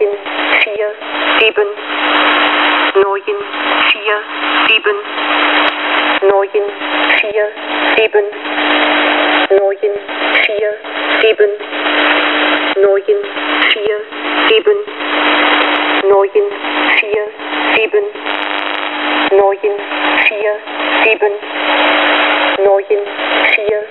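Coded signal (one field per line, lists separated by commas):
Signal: numbers station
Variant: G06 German Lady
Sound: female voice reading numbers, each word separated by about a second of hiss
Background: radio static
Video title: Russian G06 "German Lady" number station at 5446 kHz (long message)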